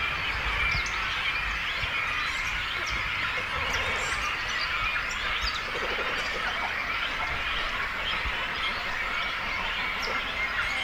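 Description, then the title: Cormorants calling in a colony, a steady wall of mixed croaks and thin squeals, with a few brief nasal notes standing out now and then. Breeding colony of cormorants with young birds, at Zemitz, Germany. "Zemitz, Deutschland - Kormorane brüten (mit Jungvögeln). breeding cormorants (with children)"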